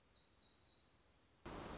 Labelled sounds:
Black-throated Gray Warbler (Setophaga nigrescens)
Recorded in Sonoma County, California

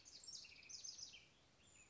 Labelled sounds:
House Wren (Troglodytes aedon)
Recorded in Sonoma County, California

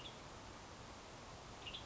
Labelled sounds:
Western Tanager (Piranga ludoviciana)
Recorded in Sonoma County, California

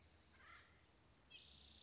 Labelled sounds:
Acorn Woodpecker (Melanerpes formicivorus)
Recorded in Sonoma County, California

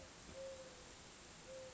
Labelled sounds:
Mourning Dove (Zenaida macroura)
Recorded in Sonoma County, California

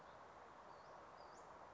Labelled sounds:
Western Flycatcher (Empidonax difficilis)
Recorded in Sonoma County, California

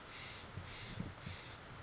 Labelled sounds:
Steller's Jay (Cyanocitta stelleri)
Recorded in Sonoma County, California

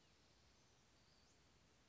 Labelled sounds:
Western Flycatcher (Empidonax difficilis)
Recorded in Sonoma County, California

